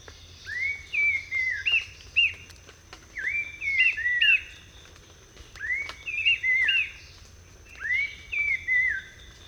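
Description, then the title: Abbott's babbler song: loud whistled phrases of three or four sliding notes, repeated about every two and a half seconds in four bursts, over a steady low background hum. Magnificent song from a bird hidden in forest undergrowth, Cardamom forest, western Cambodia; sang in the morning around 6:30 for half an hour, then silent for the rest of the day. "Akalat d'Abbott - Cambodge"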